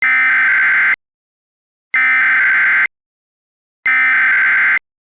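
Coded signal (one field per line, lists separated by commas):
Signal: Emergency Alert System (SAME) tones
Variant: header bursts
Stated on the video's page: Simulated EAS alert made with VSDC and Audacity, not a real broadcast.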